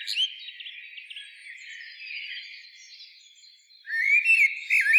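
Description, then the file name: Common blackbird song, faint and rambling at first, ending with a louder rich warbled phrase and sharp high squeaks. "Turdus merula"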